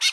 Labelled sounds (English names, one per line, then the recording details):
Brown-throated Parakeet contact call
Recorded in Bonaire
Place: 1 km N of power plant, rd to Republiek
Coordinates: 12.184, -68.285